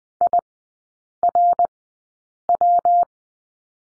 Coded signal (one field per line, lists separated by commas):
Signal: Morse code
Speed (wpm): 20 wpm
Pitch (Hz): 700 Hz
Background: none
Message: IRW